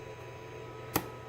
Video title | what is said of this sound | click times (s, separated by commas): (532) A Lori Challenge lock Made by K1 Locks - Thanks Bearsback! | and there we go pin two and that opened this up so | 1.0 s